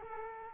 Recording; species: mosquito wingbeat signal from an infrared sensor; Culex quinquefasciatus